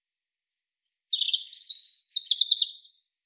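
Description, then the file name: European robin song: two thin, high whistled notes, then a rapid, liquid warbling phrase of trills and twitters, with a second sparkling burst after a brief pause; no other sounds. "Erithacus rubecula"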